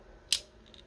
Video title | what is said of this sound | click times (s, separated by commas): Real Riders Wheel Swaps for These 2 Awesome Castings | I drilled this one pretty cool because this one snaps back in place watch | 0.3 s